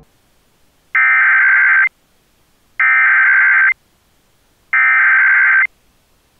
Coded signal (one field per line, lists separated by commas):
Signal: Emergency Alert System (SAME) tones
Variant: header bursts